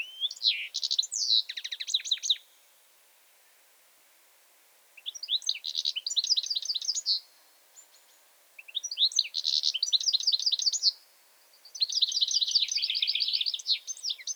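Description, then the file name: European goldfinch song: bursts of rapid tinkling, twittering notes and buzzy trills high in pitch, delivered in phrases of two to three seconds separated by pauses. "Carduelis carduelis"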